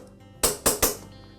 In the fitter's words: I'll turn the clamp until it clicks.